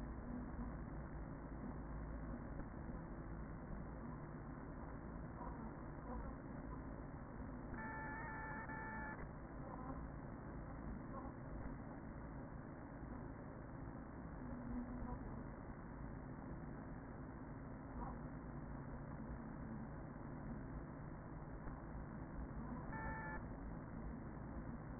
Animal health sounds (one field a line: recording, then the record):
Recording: honeybee colony, microphone inside the hive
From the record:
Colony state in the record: queen present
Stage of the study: after two queens were removed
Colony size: about 40,000 bees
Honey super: no